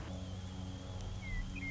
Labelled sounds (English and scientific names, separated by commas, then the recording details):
Western Meadowlark (Sturnella neglecta)
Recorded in Sonoma County, California